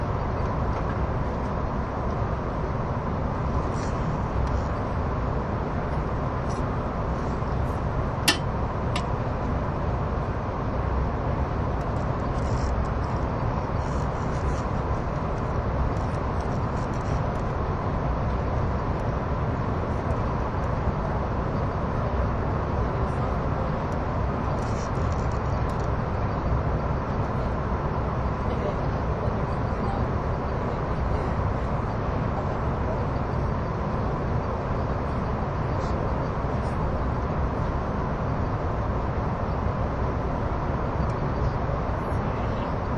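A tilting express train runs at steady speed, recorded from on board, with a dense, unchanging low roar of wheels and air filling the whole clip. Faint high ticks and rattles come and go, with one sharp click around eight seconds.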